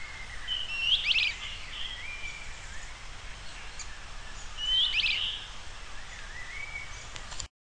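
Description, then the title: Bird song: two quick phrases of shrill, buzzy trilled notes with a thin whistle, separated by about four seconds, against a constant hissing background. "LuckyPassaro Completos2Sama"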